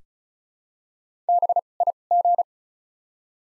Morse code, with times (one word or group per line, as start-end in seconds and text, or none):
1.3-1.6 B
1.8-1.9 I
2.1-2.4 G